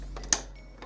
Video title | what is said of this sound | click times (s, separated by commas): Epson Expression Home XP-422: How to Change/Replace Ink Cartridges | you want to press down until you hopefully hear a little click so you know it's in place and it's that flush with the rest of the cartridges | 0.3 s